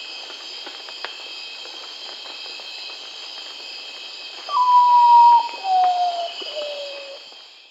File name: Thomas S. Schulenberg - Common Potoo (Nyctibius Griseus)